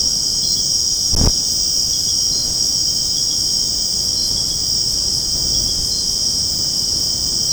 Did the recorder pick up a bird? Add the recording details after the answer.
no. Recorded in secondary vegetation near Puerto Asís, Putumayo, Colombia, on 20 February 2024 at 01:00. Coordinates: 0.489, -76.322. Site G6419